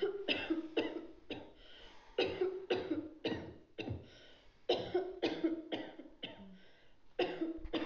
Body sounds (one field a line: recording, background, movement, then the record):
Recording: deep breathing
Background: a bystander coughing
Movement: sitting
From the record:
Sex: female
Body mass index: 21.8 kg/m2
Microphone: on the chest, facing outward